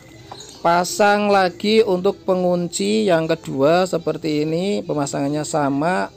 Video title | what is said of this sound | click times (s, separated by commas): Cara mengatasi scoopy tarikan awal getar dan bunyi berdecit keras dijamin sembuh 100% full tutorial | tekan pakai tang jepit Sampai bunyi klik ya teman-teman pasang | 0.3 s